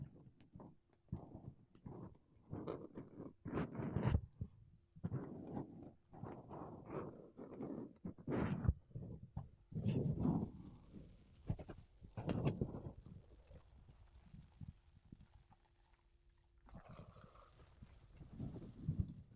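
Makeup brushes and a sponge rub over a microphone in quick, uneven soft strokes, with a faint steady hum under the quieter middle stretch.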